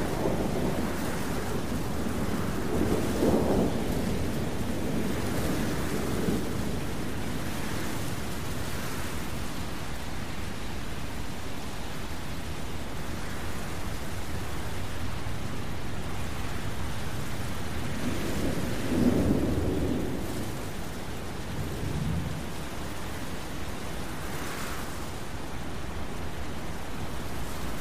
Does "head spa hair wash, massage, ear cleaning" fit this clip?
no